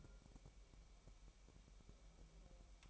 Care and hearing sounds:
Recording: daily activity, microphone in the room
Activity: take from stove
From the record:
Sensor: 1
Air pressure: 1002.0 hPa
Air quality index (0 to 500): 246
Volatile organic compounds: 50 ppm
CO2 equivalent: 3300 ppm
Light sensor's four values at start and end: 5/12/5/6 and 5/12/5/6

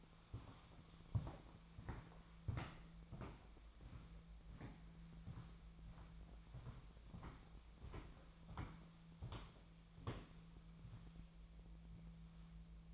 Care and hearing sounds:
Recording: daily activity, microphone in the room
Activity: walk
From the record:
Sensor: 1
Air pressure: 1008.4 hPa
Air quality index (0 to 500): 191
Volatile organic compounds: 17 ppm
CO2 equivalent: 2589 ppm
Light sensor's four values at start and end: 18/47/19/22 and 19/47/19/22

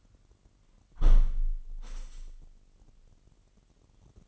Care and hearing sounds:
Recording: daily activity, microphone in the room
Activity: close window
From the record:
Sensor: 4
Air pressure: 998.8 hPa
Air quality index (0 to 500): 121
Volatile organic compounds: 2 ppm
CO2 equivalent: 1191 ppm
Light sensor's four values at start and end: 9/22/9/9 and 9/22/9/9

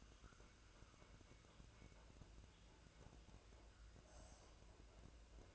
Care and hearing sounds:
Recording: daily activity, microphone in the room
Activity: make coffee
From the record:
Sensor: 2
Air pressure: 1009.2 hPa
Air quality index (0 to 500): 187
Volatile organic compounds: 11 ppm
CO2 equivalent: 2324 ppm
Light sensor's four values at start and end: 24/59/25/27 and 24/59/25/27

